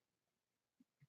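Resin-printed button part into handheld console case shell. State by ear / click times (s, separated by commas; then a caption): not seated / none. A resin-printed button part, glued together, is handled and pressed toward a GPi Case handheld game console shell; resin parts may need more force to go in. Against a quiet background, two short low knocks are heard, at about 0.8 s and 1.0 s. Nothing has seated or clicked yet.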